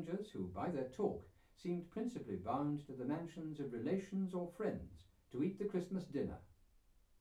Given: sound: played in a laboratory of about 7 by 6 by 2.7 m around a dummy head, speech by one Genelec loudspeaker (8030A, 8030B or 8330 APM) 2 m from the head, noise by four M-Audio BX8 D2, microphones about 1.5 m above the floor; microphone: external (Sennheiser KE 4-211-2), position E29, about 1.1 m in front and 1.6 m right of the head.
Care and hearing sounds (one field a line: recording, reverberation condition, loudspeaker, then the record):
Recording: male speech in English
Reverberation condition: low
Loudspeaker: 120 degrees to the right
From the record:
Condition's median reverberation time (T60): about 310 ms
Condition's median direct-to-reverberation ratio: about 3.5 dB